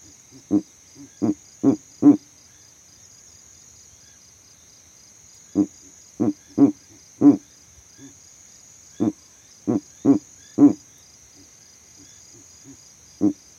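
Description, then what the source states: Verreaux's eagle owl repeating clusters of four deep grunting hoots with faint soft notes between, accompanied by a continuous high-pitched insect trill. Male advertising his territory from a tree in savanna, recorded overnight with a sound recording rig set up in that same tree.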